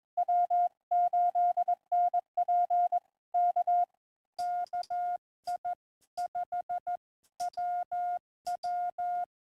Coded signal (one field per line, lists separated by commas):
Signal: Morse code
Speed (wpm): 22 wpm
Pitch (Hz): 710 Hz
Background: none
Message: W8NP K KI5WW